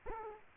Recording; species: mosquito wingbeat signal from an infrared sensor; Aedes aegypti